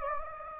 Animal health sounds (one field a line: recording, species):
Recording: mosquito wingbeat signal from an infrared sensor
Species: Anopheles gambiae